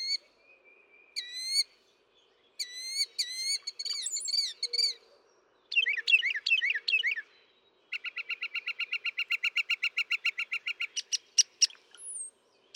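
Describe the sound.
Northern mockingbird song with rapidly changing phrases: slurred whistles, a cluster of warbled notes, then a long even rattle of repeated notes and a few sharp high chirps.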